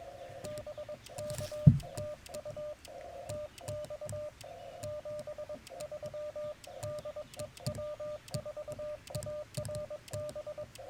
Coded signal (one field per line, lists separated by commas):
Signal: Morse code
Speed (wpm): 22 wpm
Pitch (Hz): 600 Hz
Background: radio noise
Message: BK TU TX 73 DE W4ARB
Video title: Morning Morse Code - 3/13/24